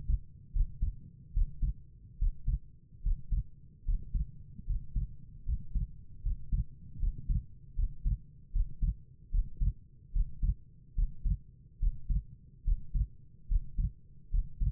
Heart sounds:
heart sounds by stethoscope; 74 bpm
0.53 s: heartbeat
1.34 s: heartbeat
2.19 s: heartbeat
3.03 s: heartbeat
3.85 s: heartbeat
4.66 s: heartbeat
5.45 s: heartbeat
6.23 s: heartbeat
7.00 s: heartbeat
7.76 s: heartbeat
8.53 s: heartbeat
9.31 s: heartbeat
10.13 s: heartbeat
10.95 s: heartbeat
11.80 s: heartbeat
12.65 s: heartbeat
13.48 s: heartbeat
14.31 s: heartbeat
From the record:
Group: healthy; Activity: breath hold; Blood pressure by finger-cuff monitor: 89/62 mmHg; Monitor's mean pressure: 69 mmHg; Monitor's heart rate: 73 bpm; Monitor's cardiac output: 5.4 L/min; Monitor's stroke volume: 73 mL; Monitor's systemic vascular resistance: 880 dyn s/cm5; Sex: female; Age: 22 years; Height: 163 cm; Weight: 67.1 kg

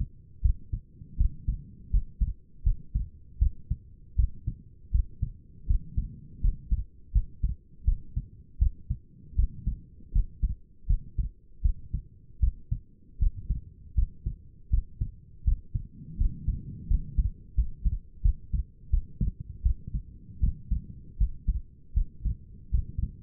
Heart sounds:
heart sounds by stethoscope; 81 bpm
0.42 s: heartbeat
1.18 s: heartbeat
1.91 s: heartbeat
2.64 s: heartbeat
3.39 s: heartbeat
4.16 s: heartbeat
4.92 s: heartbeat
5.67 s: heartbeat
6.41 s: heartbeat
7.13 s: heartbeat
7.85 s: heartbeat
8.59 s: heartbeat
9.36 s: heartbeat
10.13 s: heartbeat
10.87 s: heartbeat
11.62 s: heartbeat
12.40 s: heartbeat
13.19 s: heartbeat
13.95 s: heartbeat
14.70 s: heartbeat
15.45 s: heartbeat
16.18 s: heartbeat
16.88 s: heartbeat
17.55 s: heartbeat
18.22 s: heartbeat
18.91 s: heartbeat
19.63 s: heartbeat
20.40 s: heartbeat
21.18 s: heartbeat
21.94 s: heartbeat
22.71 s: heartbeat
From the record:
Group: healthy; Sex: female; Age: 37 years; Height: 168 cm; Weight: 70 kg

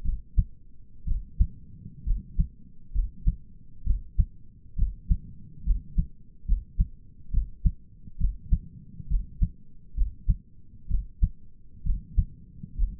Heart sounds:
heart sounds by stethoscope; 66 bpm
0.05 s: heartbeat
1.07 s: heartbeat
2.06 s: heartbeat
2.94 s: heartbeat
3.86 s: heartbeat
4.78 s: heartbeat
5.66 s: heartbeat
6.47 s: heartbeat
7.33 s: heartbeat
8.20 s: heartbeat
9.10 s: heartbeat
9.97 s: heartbeat
10.90 s: heartbeat
11.85 s: heartbeat
12.78 s: heartbeat
From the record:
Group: healthy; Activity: rest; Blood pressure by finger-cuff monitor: 104/66 mmHg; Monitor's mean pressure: 78 mmHg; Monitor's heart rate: 66 bpm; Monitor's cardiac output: 5.7 L/min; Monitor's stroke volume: 87 mL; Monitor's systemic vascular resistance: 990 dyn s/cm5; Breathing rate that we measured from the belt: 17 breaths a minute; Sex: male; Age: 22 years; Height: 181 cm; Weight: 79 kg

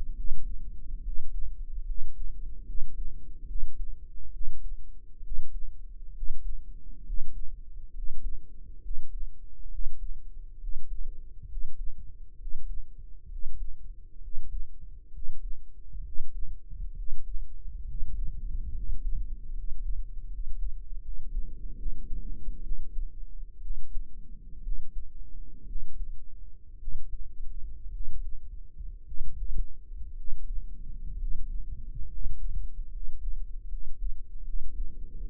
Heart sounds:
heart sounds by microphone in the right ear; 67 bpm
0.14 s: heartbeat
1.02 s: heartbeat
1.84 s: heartbeat
2.64 s: heartbeat
3.45 s: heartbeat
4.30 s: heartbeat
5.21 s: heartbeat
6.12 s: heartbeat
7.03 s: heartbeat
7.92 s: heartbeat
8.80 s: heartbeat
9.68 s: heartbeat
10.58 s: heartbeat
11.46 s: heartbeat
12.36 s: heartbeat
13.27 s: heartbeat
14.19 s: heartbeat
15.10 s: heartbeat
16.01 s: heartbeat
16.93 s: heartbeat
17.84 s: heartbeat
18.71 s: heartbeat
19.51 s: heartbeat
20.27 s: heartbeat
20.99 s: heartbeat
21.75 s: heartbeat
22.61 s: heartbeat
23.59 s: heartbeat
24.61 s: heartbeat
25.64 s: heartbeat
26.77 s: heartbeat
27.89 s: heartbeat
29.03 s: heartbeat
30.14 s: heartbeat
31.16 s: heartbeat
32.06 s: heartbeat
32.89 s: heartbeat
33.67 s: heartbeat
34.42 s: heartbeat
35.26 s: heartbeat
From the record:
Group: healthy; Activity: rest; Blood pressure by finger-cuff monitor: 119/75 mmHg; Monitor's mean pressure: 86 mmHg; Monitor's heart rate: 66 bpm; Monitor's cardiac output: 6.9 L/min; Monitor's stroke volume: 105 mL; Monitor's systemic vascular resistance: 900 dyn s/cm5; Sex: male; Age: 23 years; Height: 178 cm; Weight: 96.6 kg

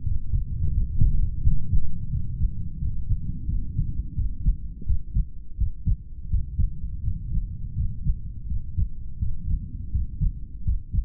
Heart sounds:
heart sounds by stethoscope; 85 bpm
0.02 s: heartbeat
0.71 s: heartbeat
1.41 s: heartbeat
2.09 s: heartbeat
2.77 s: heartbeat
3.45 s: heartbeat
4.14 s: heartbeat
4.85 s: heartbeat
5.56 s: heartbeat
6.28 s: heartbeat
7.01 s: heartbeat
7.74 s: heartbeat
8.46 s: heartbeat
9.18 s: heartbeat
9.90 s: heartbeat
10.63 s: heartbeat
From the record:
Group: heart failure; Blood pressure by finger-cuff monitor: 78/51 mmHg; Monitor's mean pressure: 58 mmHg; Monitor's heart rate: 85 bpm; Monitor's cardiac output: 6.9 L/min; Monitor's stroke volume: 82 mL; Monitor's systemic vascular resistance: 570 dyn s/cm5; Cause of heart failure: idiopathic cardiomyopathy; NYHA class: 2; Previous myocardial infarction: absent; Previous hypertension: absent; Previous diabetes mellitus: absent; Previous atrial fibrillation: present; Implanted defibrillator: present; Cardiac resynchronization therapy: present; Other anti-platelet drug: absent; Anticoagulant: warfarin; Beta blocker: metoprolol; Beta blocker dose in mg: 50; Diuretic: furosemide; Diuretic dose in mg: 40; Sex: male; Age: 62 years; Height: 184 cm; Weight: 101 kg

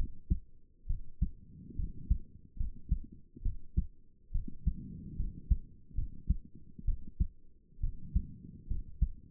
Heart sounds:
heart sounds by stethoscope; 69 bpm
0.86 s: heartbeat
1.75 s: heartbeat
2.56 s: heartbeat
3.42 s: heartbeat
4.31 s: heartbeat
5.16 s: heartbeat
5.94 s: heartbeat
6.84 s: heartbeat
7.80 s: heartbeat
8.67 s: heartbeat
From the record:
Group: healthy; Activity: rest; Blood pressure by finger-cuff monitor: 134/72 mmHg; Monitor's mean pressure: 92 mmHg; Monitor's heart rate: 67 bpm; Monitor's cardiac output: 6.6 L/min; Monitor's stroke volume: 95 mL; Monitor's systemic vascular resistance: 1030 dyn s/cm5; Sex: female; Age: 22 years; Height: 154 cm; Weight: 58.7 kg

